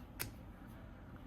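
A jack accessory is pulled off a pocket gimbal camera, giving a sharp click at 0.2 s and a fainter, softer sound near 1.3 s. The accessory comes free and is released from the camera.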